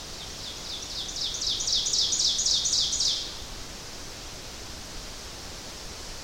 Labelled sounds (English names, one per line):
Ovenbird song